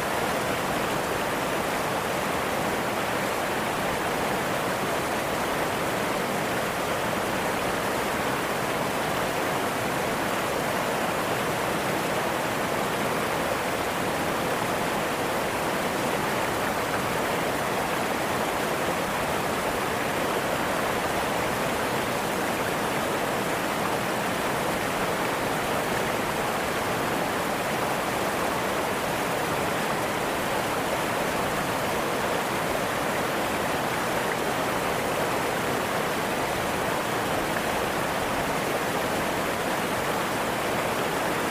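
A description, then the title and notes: A waterfall roars without pause, a dense, even rush of falling water that never swells or fades across the whole stretch. The sound sits mostly in a full middle range with a soft hiss above, with no other sounds breaking through. Waterfall White Noise.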